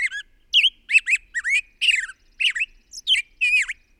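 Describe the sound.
Bird song of harsh, squawky chirps and bent whistled notes in quick separate bursts, in otherwise silent surroundings.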